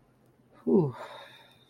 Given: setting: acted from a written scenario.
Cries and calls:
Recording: vocal sound without words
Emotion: contentment

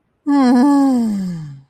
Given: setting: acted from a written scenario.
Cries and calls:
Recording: vocal sound without words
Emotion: serenity

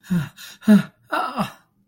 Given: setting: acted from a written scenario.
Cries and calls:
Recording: vocal sound without words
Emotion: fear

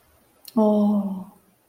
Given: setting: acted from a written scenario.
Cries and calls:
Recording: vocal sound without words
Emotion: ecstasy

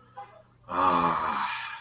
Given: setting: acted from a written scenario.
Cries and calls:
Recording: vocal sound without words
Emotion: contentment

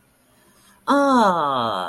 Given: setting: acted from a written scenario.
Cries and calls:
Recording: vocal sound without words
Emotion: adoration

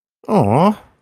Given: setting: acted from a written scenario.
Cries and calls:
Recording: vocal sound without words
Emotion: adoration

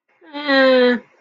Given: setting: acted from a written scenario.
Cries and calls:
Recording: vocal sound without words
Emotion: neutral

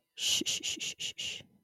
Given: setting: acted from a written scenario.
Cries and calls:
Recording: vocal sound without words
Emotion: sympathy

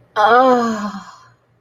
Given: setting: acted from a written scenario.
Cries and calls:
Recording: vocal sound without words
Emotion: ecstasy

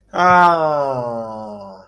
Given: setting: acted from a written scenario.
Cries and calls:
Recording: vocal sound without words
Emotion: triumph

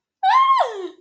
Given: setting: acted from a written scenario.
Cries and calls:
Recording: vocal sound without words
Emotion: positive surprise

